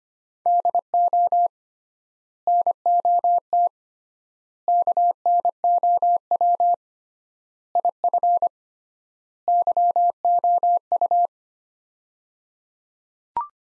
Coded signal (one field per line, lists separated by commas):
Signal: Morse code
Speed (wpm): 25 wpm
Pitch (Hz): 700 Hz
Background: none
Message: DO NOT KNOW IF YOU